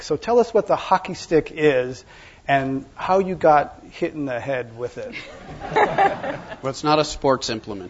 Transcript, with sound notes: So tell us what The Hockey Stick is and how you got hit in the head with it.
[Laughter]
Well, it's not a sports implement.